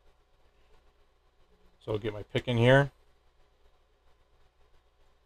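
A pick is inserted into a CZ 75 SP-01 pistol frame during a trigger replacement, pulling the trigger detent rearward to line up the new trigger before it is pushed home. Someone talks from about 1.9 to 2.9 s over an otherwise quiet background. The trigger has not seated or clicked yet.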